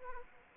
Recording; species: mosquito wingbeat signal from an infrared sensor; Anopheles arabiensis